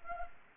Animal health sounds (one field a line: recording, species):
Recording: mosquito wingbeat signal from an infrared sensor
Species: Anopheles gambiae